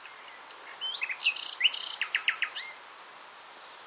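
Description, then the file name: Common nightingale singing in quick, varied notes: short whistles, upslurred chirps and a brief series of sharp clicks, followed by a few high, spaced tones. "Luscinia megarhynchos"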